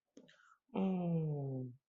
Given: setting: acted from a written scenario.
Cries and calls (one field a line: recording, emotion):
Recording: vocal sound without words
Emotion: adoration